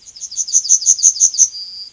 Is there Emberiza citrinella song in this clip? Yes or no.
yes